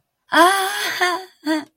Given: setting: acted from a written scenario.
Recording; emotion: vocal sound without words; positive surprise